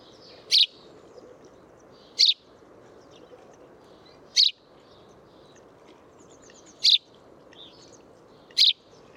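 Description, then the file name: House sparrow chirps, short bright notes repeated irregularly about every two seconds, five calls over a steady low background hum. "Passer domesticus"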